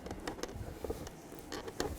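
New side mirror glass on its plastic backing plate is pushed firmly from the center, to avoid cracking the glass, onto the mirror motor mount inside the door mirror housing of a 1999-2006 Chevrolet Silverado 1500 truck. A series of short sharp snaps and taps is heard, with the loudest click at 1.8 s as the glass locks in place. The glass is seated all the way down.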